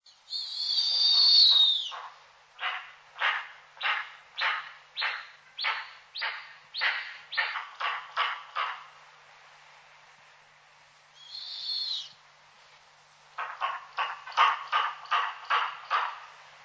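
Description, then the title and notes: Snowy owl calls: a drawn-out raspy screech, then a rapid run of harsh barking notes, another screech, and a second barking series. "Snowy Owl was taken at Jones Beach State Park on Long Island, New York"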